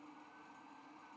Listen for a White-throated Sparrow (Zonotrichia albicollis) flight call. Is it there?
no